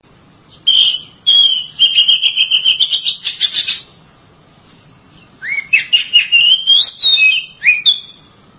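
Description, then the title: Oriental magpie-robin song: a sustained whistled phrase with rapid scratchy pulses, a quiet gap, then a second phrase of rising slurred whistles and chattering notes. "Suara Kicauan Burung Kacer"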